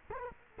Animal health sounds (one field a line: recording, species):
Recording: mosquito wingbeat signal from an infrared sensor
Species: Culex quinquefasciatus